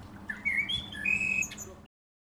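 Bird chirps: a few short whistled notes in a brief rising slur, then a sustained thin tone, with fainter higher notes and a low background rumble.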